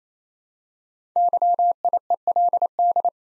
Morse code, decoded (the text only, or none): YIELD